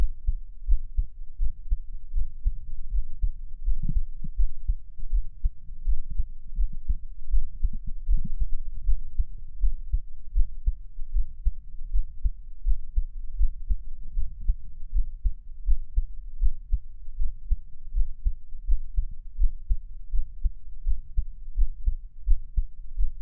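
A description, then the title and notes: A heartbeat thumps on without a break, deep and muffled, with everything sitting in the very low range and nothing bright above it. The beats come fast and dense, close together, with a soft rushing murmur between them and a few slightly stronger thuds around four and eight seconds. 獻上我的心跳 | Give my Heartbeat | NO Talking.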